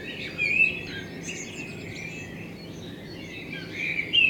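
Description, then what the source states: Common blackbird song, two clear whistled phrases at start and end, with soft chirps between and constant background hiss. Blackbird in front of the recordist's window; binaural recording with a self-built dummy head, intended for headphone listening.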